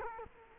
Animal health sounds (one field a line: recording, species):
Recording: mosquito wingbeat signal from an infrared sensor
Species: Culex quinquefasciatus